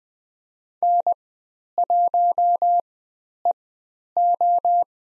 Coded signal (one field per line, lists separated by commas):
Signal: Morse code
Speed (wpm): 20 wpm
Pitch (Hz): 700 Hz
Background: none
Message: N1EO